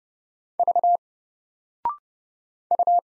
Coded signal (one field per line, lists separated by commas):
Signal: Morse code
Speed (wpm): 30 wpm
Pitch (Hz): 700 Hz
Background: none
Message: V U